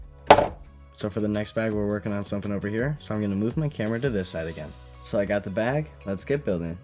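A yellow button is pressed on a plastic brick-built Lego Batmobile door, part of a brick-built Batcave display set, that had been pushed up and locked in place. At 0.3 s the latch releases and the door drops with a single loud thunk. Someone then talks over the quiet that follows.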